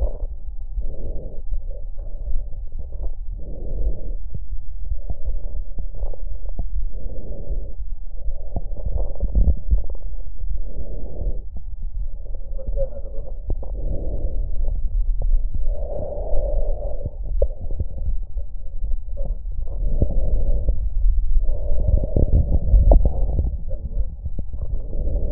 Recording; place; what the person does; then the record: lung sounds by stethoscope; left anterior apical chest; quiet breathing, then deep breathing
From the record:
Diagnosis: COPD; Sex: female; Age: 80 years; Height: 160 cm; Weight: 62 kg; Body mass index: 24.2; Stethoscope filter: extended mode